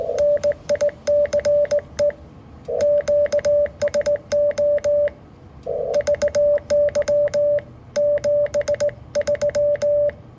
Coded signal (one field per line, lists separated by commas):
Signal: Morse code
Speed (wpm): 19 wpm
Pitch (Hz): 580 Hz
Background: none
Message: NICE QSO VY 73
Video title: QSO with JM7OLW - this time on 15m wtih the phased verticals